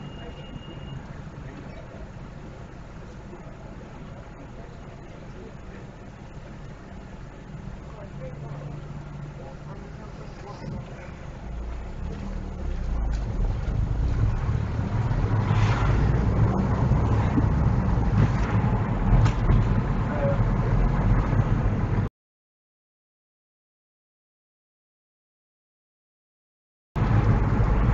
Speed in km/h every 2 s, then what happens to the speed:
0, 0, 0, 0, 0, 0, 0, 13, 23, 24, 27, 29, 31, 31.
0-12 standing. 12-21 pulls away to 29. 21-28 steady at about 31.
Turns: none.